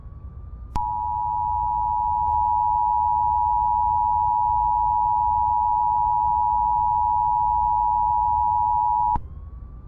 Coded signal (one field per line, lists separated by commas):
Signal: Emergency Alert System (SAME) tones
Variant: 853 and 960 Hz attention tone